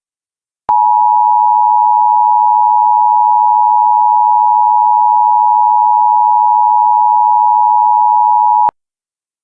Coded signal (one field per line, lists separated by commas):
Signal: Emergency Alert System (SAME) tones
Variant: 853 and 960 Hz attention tone